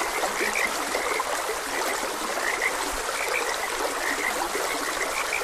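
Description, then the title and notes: Frogs croaking, a chorus of short bright notes overlapping continuously over a steady rushing stream. Frogs croaking beside a gentle stream. "Frogs Croaking. Sleep and Relaxation Podcast"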